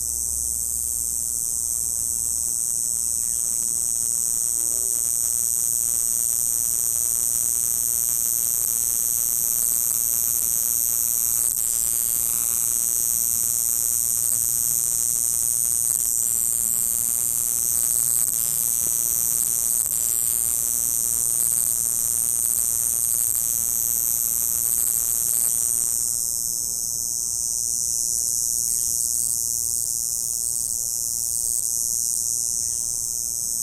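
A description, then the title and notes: A chorus of Apache cicadas fills the air with a dense, unbroken, high-pitched buzz that holds steady at the same loudness for the whole stretch. Beneath it runs a faint low hiss, which thins out near the end, and a brief low hum opens the recording. Began recording a chorus of Apache Cicadas from a distance of about 10 feet with a Zoom H2, middle volume setting and two channel surround sound. The sound of Apache Cicadas.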